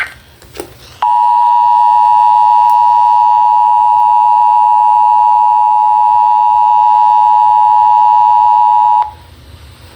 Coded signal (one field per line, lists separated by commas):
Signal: Emergency Alert System (SAME) tones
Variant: 853 and 960 Hz attention tone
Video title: Marginal Risk Chaos (EAS Alerts from 7/6/2026) (EAS #971-1026)